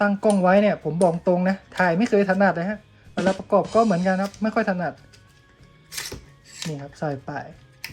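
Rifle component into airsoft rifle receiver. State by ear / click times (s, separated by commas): not seated / none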